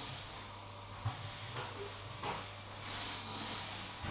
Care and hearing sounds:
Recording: daily activity, microphone in the room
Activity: vacuum cleaning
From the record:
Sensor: 1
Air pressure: 988.7 hPa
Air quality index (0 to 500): 198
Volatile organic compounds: 986 ppm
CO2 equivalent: 5282 ppm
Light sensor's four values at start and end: 25/93/35/36 and 25/93/35/37

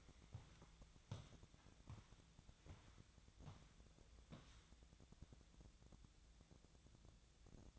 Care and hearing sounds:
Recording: daily activity, microphone in the room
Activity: walk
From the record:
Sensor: 3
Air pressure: 1012.2 hPa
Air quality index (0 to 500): 184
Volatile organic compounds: 3 ppm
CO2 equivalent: 1406 ppm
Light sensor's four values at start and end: 89/193/95/108 and 53/141/61/64

